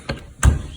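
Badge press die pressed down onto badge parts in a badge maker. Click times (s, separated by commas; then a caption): 0.4 s. A badge press die on a badge maker is pushed down onto the badge parts until it clicks home at 0.4 s, the badge done. A lighter tap comes first at 0.1 s, and the click lands as a sharp snap with a low thud.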